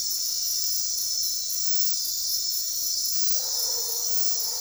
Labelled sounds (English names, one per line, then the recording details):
none
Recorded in dense forest near Puerto Asís, Putumayo, Colombia, on 9 March 2025 at 00:30
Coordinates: 0.503, -76.323
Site GP09